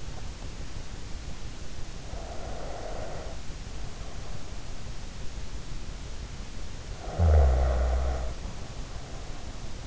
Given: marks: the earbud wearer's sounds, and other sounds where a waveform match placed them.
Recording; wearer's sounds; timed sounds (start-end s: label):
sounds in sleep by an in-ear microphone; breath, snoring breath
1.94-4.52 s: breath
7.14-9.87 s: snoring breath